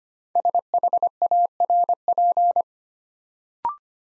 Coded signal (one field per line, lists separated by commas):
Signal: Morse code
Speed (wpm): 25 wpm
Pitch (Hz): 700 Hz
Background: none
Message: SHARP